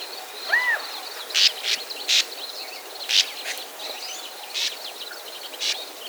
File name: Bank Swallow - Riparia riparia